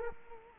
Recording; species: mosquito wingbeat signal from an infrared sensor; Culex quinquefasciatus